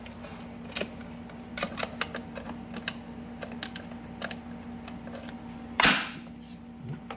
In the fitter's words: Something clicked into place.